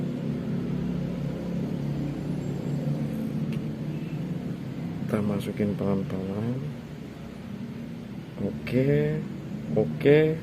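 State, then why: Not seated. A stripped optical fiber is slowly fed into the body of a fast connector, only being lined up and moved, and it has not yet seated or clicked. A steady low hum runs throughout while someone talks in short bursts, with two brief soft knocks around 3.5 and 8.4 seconds.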